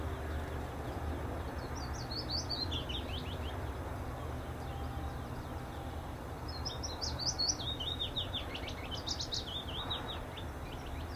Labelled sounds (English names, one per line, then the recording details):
Willow Warbler song
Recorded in captivity
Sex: pair
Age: adult
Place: Volierenanlage, Zoologisches Institut Universität Tübingen, Baden-Württemberg, DE
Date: 1967-04-22
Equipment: Nagra III PH, MD 421, LGS26
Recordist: Schneider, Hans-Joachim